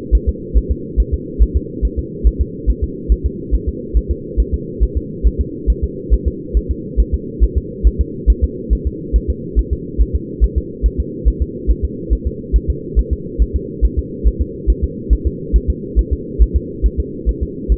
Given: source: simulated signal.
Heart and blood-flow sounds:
fetal heart sounds
0.15 s: S1
0.29 s: S2
0.57 s: S1
0.71 s: S2
1.00 s: S1
1.14 s: S2
1.43 s: S1
1.56 s: S2
1.85 s: S1
1.99 s: S2
2.27 s: S1
2.41 s: S2
2.70 s: S1
2.84 s: S2
3.12 s: S1
3.26 s: S2
3.55 s: S1
3.69 s: S2
3.97 s: S1
4.11 s: S2
4.40 s: S1
4.54 s: S2
4.83 s: S1
4.97 s: S2
5.27 s: S1
5.41 s: S2
5.70 s: S1
5.84 s: S2
6.14 s: S1
6.28 s: S2
6.57 s: S1
6.71 s: S2
7.00 s: S1
7.14 s: S2
7.44 s: S1
7.58 s: S2
7.87 s: S1
8.01 s: S2
8.30 s: S1
8.44 s: S2
8.73 s: S1
8.87 s: S2
9.16 s: S1
9.30 s: S2
9.59 s: S1
9.73 s: S2
10.01 s: S1
10.16 s: S2
10.44 s: S1
10.58 s: S2
10.86 s: S1
11.00 s: S2
11.28 s: S1
11.42 s: S2
11.71 s: S1
11.85 s: S2
12.13 s: S1
12.27 s: S2
12.56 s: S1
12.70 s: S2
12.99 s: S1
13.13 s: S2
13.42 s: S1
13.56 s: S2
13.85 s: S1
13.99 s: S2
14.27 s: S1
14.42 s: S2
14.70 s: S1
14.84 s: S2
15.13 s: S1
15.27 s: S2
15.56 s: S1
15.70 s: S2
15.99 s: S1
16.13 s: S2
16.42 s: S1
16.56 s: S2
16.86 s: S1
17.00 s: S2
17.29 s: S1
17.43 s: S2
17.72 s: S1
From the record:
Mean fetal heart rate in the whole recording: 140 bpm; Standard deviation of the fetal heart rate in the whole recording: 2 bpm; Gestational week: 34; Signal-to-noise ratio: -4.1 dB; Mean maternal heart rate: no maternal heart sound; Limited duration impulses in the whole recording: absent

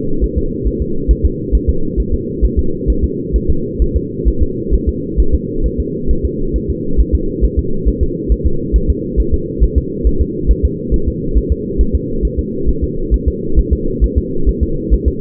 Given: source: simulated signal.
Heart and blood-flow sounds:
fetal heart sounds
0.24 s: S1
0.38 s: S2
0.67 s: S1
0.82 s: S2
1.11 s: S1
1.25 s: S2
1.55 s: S1
1.69 s: S2
2.00 s: S1
2.14 s: S2
2.45 s: S1
2.59 s: S2
2.90 s: S1
3.04 s: S2
3.36 s: S1
3.50 s: S2
3.82 s: S1
3.96 s: S2
4.28 s: S1
4.43 s: S2
4.74 s: S1
4.89 s: S2
5.20 s: S1
5.34 s: S2
5.66 s: S1
5.80 s: S2
6.11 s: S1
6.25 s: S2
6.56 s: S1
6.70 s: S2
7.00 s: S1
7.15 s: S2
7.44 s: S1
7.59 s: S2
7.88 s: S1
8.03 s: S2
8.32 s: S1
8.46 s: S2
8.76 s: S1
8.90 s: S2
9.20 s: S1
9.34 s: S2
9.63 s: S1
9.78 s: S2
10.07 s: S1
10.22 s: S2
10.51 s: S1
10.65 s: S2
10.94 s: S1
11.08 s: S2
11.38 s: S1
11.52 s: S2
11.81 s: S1
11.95 s: S2
12.25 s: S1
12.39 s: S2
12.69 s: S1
12.84 s: S2
13.14 s: S1
13.28 s: S2
13.59 s: S1
13.73 s: S2
14.04 s: S1
14.18 s: S2
14.49 s: S1
14.63 s: S2
14.94 s: S1
15.08 s: S2
From the record:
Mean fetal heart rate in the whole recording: 135 bpm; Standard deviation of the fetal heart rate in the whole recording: 3 bpm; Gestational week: 34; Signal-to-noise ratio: -8.1 dB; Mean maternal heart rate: 72 bpm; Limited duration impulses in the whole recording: absent

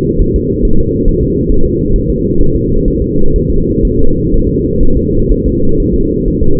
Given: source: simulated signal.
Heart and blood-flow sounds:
fetal heart sounds
0.22 s: S1
0.36 s: S2
0.65 s: S1
0.79 s: S2
1.08 s: S1
1.23 s: S2
1.52 s: S1
1.66 s: S2
1.96 s: S1
2.10 s: S2
2.41 s: S1
2.55 s: S2
2.88 s: S1
3.02 s: S2
3.36 s: S1
3.50 s: S2
3.85 s: S1
3.99 s: S2
4.34 s: S1
4.48 s: S2
4.83 s: S1
4.97 s: S2
5.31 s: S1
5.46 s: S2
5.80 s: S1
5.94 s: S2
6.28 s: S1
6.43 s: S2
From the record:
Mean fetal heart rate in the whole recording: 130 bpm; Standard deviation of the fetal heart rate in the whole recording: 4 bpm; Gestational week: 38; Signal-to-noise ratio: -19.1 dB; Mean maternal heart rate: 72 bpm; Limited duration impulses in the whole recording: present

